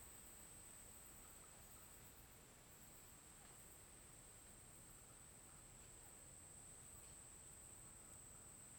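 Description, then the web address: Cricket trill, a steady high-pitched ringing held without a break, over broad rushing wind and rustling leaves. Daytime forest ambience with an oscillating cricket and wind in leaves, Tocantins. "Ambiente na mata dia com grilo oscilante e vento com folhas. tocantins"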